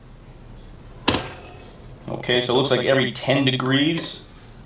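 The table of a DeWALT DW715 12-inch single bevel miter saw is rotated by hand on its base, with the metal detent riding toward the 15-degree notch in the base notch plate. A single sharp knock sounds at about 1.1 s, then someone talks. Nothing has seated or clicked into the notch yet.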